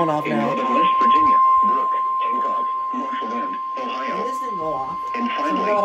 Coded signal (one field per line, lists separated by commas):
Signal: Emergency Alert System (SAME) tones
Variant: 1050 Hz attention tone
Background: speech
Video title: EAS 391 - 393 KIH35 and WWG53 RWT’s